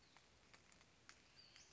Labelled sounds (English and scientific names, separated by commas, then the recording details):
Western Flycatcher (Empidonax difficilis)
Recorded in Sonoma County, California